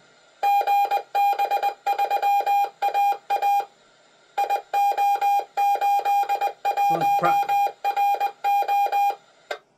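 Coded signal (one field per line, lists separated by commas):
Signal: Morse code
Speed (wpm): 20 wpm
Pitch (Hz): 810 Hz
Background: none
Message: GB3AA IO81RO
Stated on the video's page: Live VHF/UHF amateur contacts.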